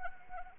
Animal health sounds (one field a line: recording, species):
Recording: mosquito wingbeat signal from an infrared sensor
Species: Anopheles arabiensis